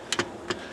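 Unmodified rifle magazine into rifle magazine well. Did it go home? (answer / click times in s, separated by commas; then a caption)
no / none. An unmodified 10-round steel magazine is pushed into the magazine well of a converted Bulgarian SSR-85c AK-47 rifle, making three short metallic knocks at about 0.1, 0.2 and 0.5 seconds over a low steady background. The magazine does not latch because the back of its feed lips interferes with the receiver, so nothing has seated or clicked yet.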